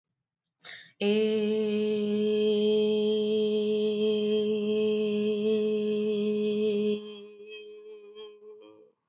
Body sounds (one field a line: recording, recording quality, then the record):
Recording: sustained vowel as in made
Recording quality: excellent, no background noise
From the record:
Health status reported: healthy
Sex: female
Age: 33 years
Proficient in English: yes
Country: India